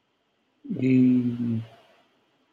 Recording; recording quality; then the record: sustained vowel as in beet; excellent, no background noise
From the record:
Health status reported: healthy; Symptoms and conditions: none ticked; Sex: male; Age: 34 years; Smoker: not ticked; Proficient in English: yes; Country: India